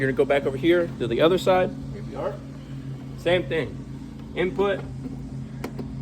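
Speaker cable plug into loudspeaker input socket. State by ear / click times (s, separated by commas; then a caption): seated / 5.6 s. Someone talks while a second speaker cable plug is pushed into the input socket of the other loudspeaker, over a steady low hum. A short, sharp click at 5.6 s marks the plug seating in the input.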